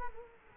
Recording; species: mosquito wingbeat signal from an infrared sensor; Culex quinquefasciatus